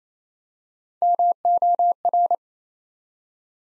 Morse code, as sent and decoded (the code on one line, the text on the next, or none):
-- --- .-.
MOR